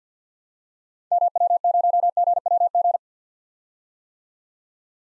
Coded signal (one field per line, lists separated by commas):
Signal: Morse code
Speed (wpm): 50 wpm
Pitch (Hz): 700 Hz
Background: none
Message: MW0GWG